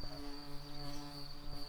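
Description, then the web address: White-tailed bumblebee buzz: a steady, low droning hum with rich overtones that holds even throughout, accompanied by a constant thin high-pitched whine. Queen bumblebees. "Lucorum queens"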